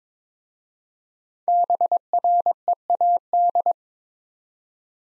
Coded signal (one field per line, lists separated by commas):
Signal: Morse code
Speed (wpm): 22 wpm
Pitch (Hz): 700 Hz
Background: none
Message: BREAD